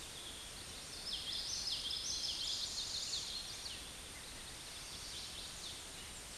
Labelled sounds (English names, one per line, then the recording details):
Common Yellowthroat song
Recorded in a Pennsylvania forest on 16 May 2024 at 09:56
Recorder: AudioMoth, point MSD-2453
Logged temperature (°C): 16.3 °C
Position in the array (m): 230 m, 181 m